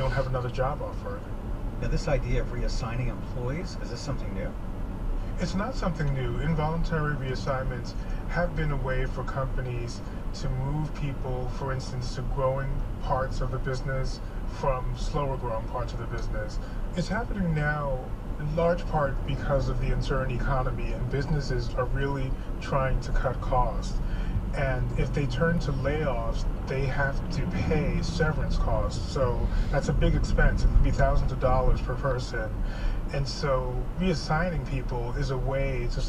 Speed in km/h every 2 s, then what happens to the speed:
47, 47, 47, 47, 47, 47, 47, 47, 45, 44, 44, 45, 50, 52, 53, 47, 45, 40.
0-21 steady at about 47. 21-25 speeds up to 52. 29-36 slows to 40.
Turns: none.